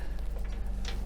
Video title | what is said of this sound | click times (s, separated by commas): RCMP Specialty Units - Community Safety Series | quick undo these little clicks here | 0.9 s